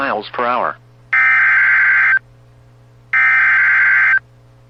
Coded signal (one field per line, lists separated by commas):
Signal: Emergency Alert System (SAME) tones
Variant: header bursts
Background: speech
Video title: (EAS#159) Severe Thunderstorm Warning